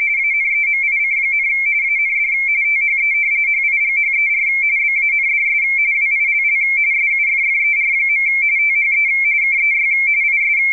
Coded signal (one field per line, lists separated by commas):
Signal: RTTY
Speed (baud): 45.45 baud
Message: ANEMIC, AND THE HIGHER BANDS WILL SUFFER. THE KEY IS